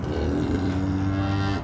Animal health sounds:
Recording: contact call of a hoofed animal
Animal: cattle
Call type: low-frequency (closed-mouth) or high-frequency (open-mouth) call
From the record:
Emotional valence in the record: positive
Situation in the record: visual reunion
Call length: 1.64 s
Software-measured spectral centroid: 1580 Hz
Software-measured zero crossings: 830 a second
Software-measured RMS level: -24 dBFS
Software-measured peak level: -14 dBFS

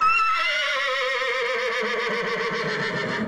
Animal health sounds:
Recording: contact call of a hoofed animal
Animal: horse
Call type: whinny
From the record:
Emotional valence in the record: positive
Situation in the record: reunion with the whole group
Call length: 3.3 s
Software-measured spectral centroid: 2300 Hz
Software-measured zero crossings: 3190 a second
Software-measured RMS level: -24 dBFS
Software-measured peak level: -11 dBFS

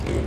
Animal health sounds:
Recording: contact call of a hoofed animal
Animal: pig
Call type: closed-mouth grunt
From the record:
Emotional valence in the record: positive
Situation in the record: food and toys in familiar pen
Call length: 0.27 s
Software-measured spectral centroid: 1930 Hz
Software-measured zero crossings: 820 a second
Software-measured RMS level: -24 dBFS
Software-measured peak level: -12 dBFS

